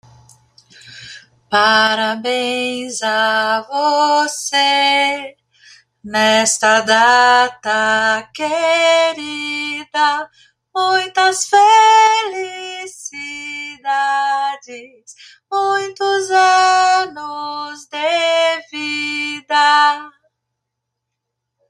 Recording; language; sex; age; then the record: short text; Brazilian Portuguese; female; 40 to 49 years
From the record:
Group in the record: control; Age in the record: 48 years